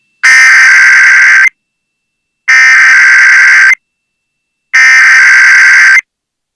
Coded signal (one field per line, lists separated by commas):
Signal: Emergency Alert System (SAME) tones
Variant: header bursts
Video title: Mid April Wednesday Tests (EAS #26058-26080) 4/16/25